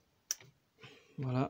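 A second vacuum hose quick-connector is pushed onto the vacuum pump fitting of a Citroën C6, C5 or 407 2.2 HDI engine and snaps home with a sharp click at 0.3 s, followed by a faint tick. The connector is seated, and someone talks near the end.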